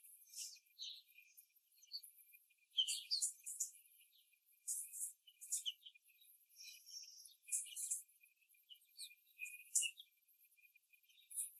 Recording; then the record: young laying hens in a cage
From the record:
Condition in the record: after the stressor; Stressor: simulated dog barking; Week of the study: 3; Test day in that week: 1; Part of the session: 4